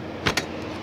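The trunk lid of a custom 2010 Goldwing trike is closed and latches into the trunk latch. Two sharp clicks land at 0.3 s and 0.4 s over a steady low background hum. The lid is seated and closes perfectly.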